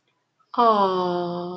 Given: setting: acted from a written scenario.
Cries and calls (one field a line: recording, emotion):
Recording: vocal sound without words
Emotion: adoration